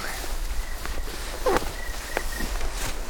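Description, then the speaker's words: Eurasian teal calls: a few brief whistled notes, with footsteps. Wild teal heard on a river with many wild ducks. "On vient d'entendre là ce bruit. C'est des sarcelles, parce qu'il y a beaucoup de canards sauvages sur cette rivière. Vous entendez là? C'est la sarcelle d'hiver."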